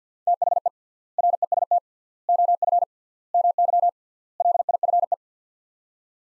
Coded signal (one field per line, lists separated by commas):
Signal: Morse code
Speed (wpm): 46 wpm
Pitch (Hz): 700 Hz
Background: none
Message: THE REST OF MY LIFE